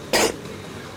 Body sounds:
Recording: coughing mixed with background sound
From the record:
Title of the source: 61 morning phlegmy cough...again

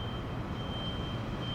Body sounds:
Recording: background sound without coughing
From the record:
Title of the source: 30 MINUTES Construction Site Ambience (CC BY 4.0)

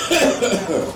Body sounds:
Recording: coughing mixed with background sound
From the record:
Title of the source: Residual Phlegmy Morning Coughing and Gagging

